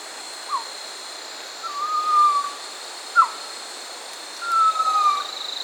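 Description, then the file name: Pavonine quetzal giving brief abrupt notes between longer level whistles that slide gently downward, spaced irregularly, against a constant hissing background. Recorded in Peru, Amazon region. "Pavonine Quetzal (Pharomachrus pavoninus), Peru"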